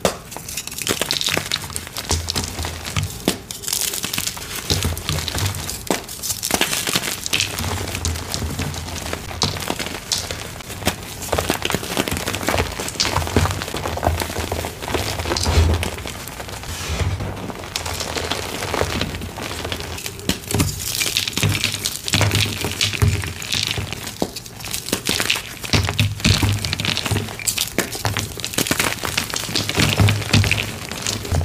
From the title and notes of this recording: Deep Blue *Crush Only* Gym Chalk Edit Compilation. A collection of deep blue dyed and reformed gym chalk crushes. Loud, crispy, crunchy asmr oddly satisfying gym chalk crushing sounds.